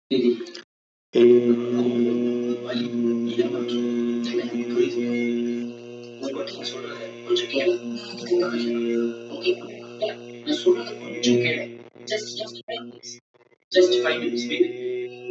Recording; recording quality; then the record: sustained vowel as in made; moderate, slight background noise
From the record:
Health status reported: healthy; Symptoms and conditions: none ticked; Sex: male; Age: 44 years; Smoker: not ticked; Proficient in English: yes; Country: India